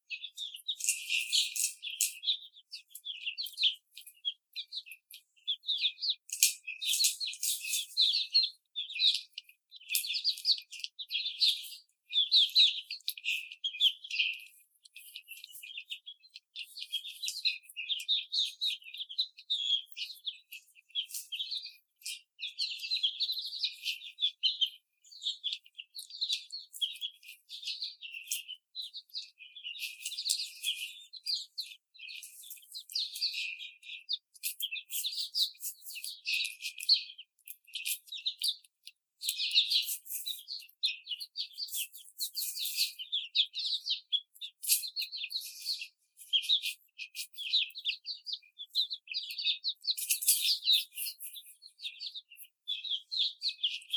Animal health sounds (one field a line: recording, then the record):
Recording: young laying hens in a cage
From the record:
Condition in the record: after the stressor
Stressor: simulated dog barking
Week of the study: 4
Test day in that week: 2